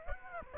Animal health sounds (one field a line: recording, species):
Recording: mosquito wingbeat signal from an infrared sensor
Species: Aedes aegypti